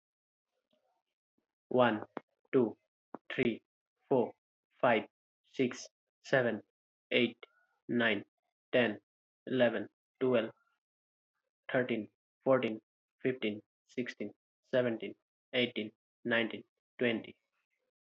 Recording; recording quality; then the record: counting at a normal pace; moderate, slight background noise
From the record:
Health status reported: healthy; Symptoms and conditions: none ticked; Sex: male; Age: 28 years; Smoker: not ticked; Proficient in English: yes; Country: India